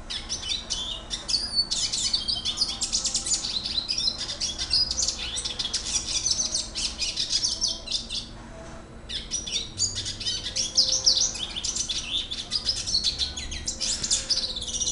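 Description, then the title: Red siskin song, a fast, continuous twittering of high buzzy trills and chirps that pauses briefly before resuming. "Pavanegra. cardenalito cantando"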